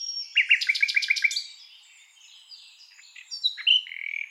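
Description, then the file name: Common nightingale song: a quick run of repeated clipped notes, then softer, thin, sliding whistles and a final drawn-out tone. "Luscinia megarhynchos"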